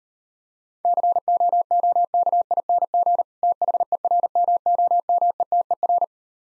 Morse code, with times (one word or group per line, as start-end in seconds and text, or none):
0.8-3.2 COOKING
3.4-6.0 THERMOMETER